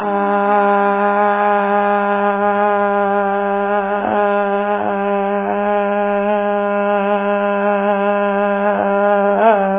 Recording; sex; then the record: sustained vowel /a/; female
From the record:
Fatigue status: fatigue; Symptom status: symptomatic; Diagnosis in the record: COVID-19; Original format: 3gp